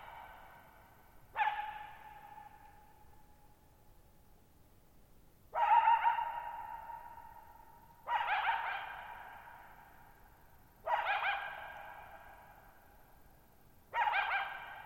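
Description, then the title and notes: Coyote giving a spaced series of five hoarse barks a few seconds apart, with long echoes filling the silences. Lone coyote at night, July 14, 2019, Thirtymile Meadows, Okanogan National Forest, Okanogan High Country, Pacific Northwest; 6400 ft (1950 m) shallow bowl-shaped meadow on a high dry plateau. "Lone Coyote at Thirtymile Meadows. the night of July 14, 2019, camped near Thirtymile Meadows in the Okanogan National Forest at 6400 ft (1950 m)"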